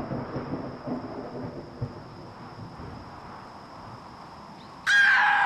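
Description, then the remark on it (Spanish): A low, rolling rumble of distant thunder, heralding an imminent storm as a cold breeze blows, swells and fades over several seconds, followed near the end by a sudden loud, harsh burst of noise. “El viento sur se había tornado en una fría brisa que, junto a los truenos que comenzaban a escucharse en la lejanía, auguraban una tormenta inminente.”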